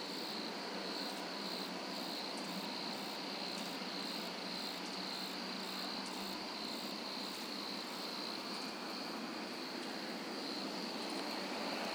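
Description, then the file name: Cicadas buzzing in a dense, unbroken shrill chorus, with a faint pulsing edge to the high buzz. "Cicale"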